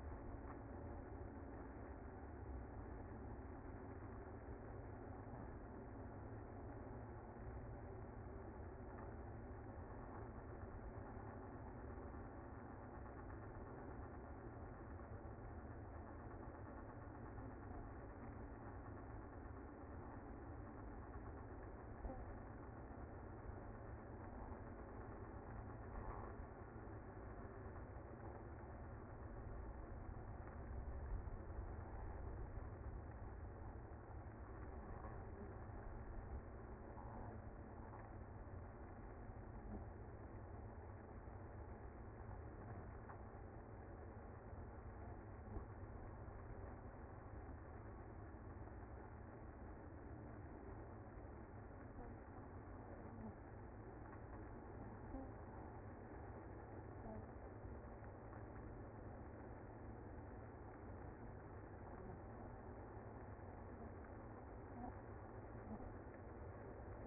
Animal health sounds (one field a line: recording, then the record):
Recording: honeybee colony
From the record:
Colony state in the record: active